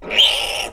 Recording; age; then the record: pig call; piglet (1 to 25 days)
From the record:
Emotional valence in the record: negative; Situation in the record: crushing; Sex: female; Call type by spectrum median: high-frequency call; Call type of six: mixed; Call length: 0.73 s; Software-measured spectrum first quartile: 2305 Hz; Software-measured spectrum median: 2969 Hz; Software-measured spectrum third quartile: 3350 Hz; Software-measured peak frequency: 3158 Hz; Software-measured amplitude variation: 130 dB a second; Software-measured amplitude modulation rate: 24.0 a second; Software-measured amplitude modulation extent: 5.4 dB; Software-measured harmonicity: 4.9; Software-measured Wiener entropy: -2.02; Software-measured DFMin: 1594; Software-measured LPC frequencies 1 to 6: 687, 3120, 3661, 5423, 6788, 7802 Hz